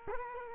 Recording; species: mosquito wingbeat signal from an infrared sensor; Culex quinquefasciatus